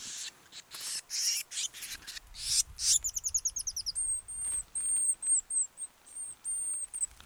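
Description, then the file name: Eurasian blue tit calls: raspy churring bursts, then a fast run of clipped descending notes, followed by thin, very high drawn-out whistles repeated in short phrases. "Cyanistes caeruleus"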